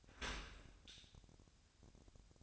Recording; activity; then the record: daily activity, microphone in the room; open dishwasher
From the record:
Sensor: 2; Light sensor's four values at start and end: 9/21/9/9 and 9/21/9/9